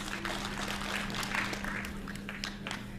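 A crowd applauds steadily, many hands clapping in a dense, continuous patter at an even, moderate loudness for about three seconds, with no voices over it.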